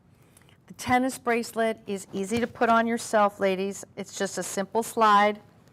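A woman talks while handling the two halves of a white gold tennis bracelet clasp, with a few faint small ticks near 0.4 s and at 5.7 s. The clasp has not clicked shut or seated yet.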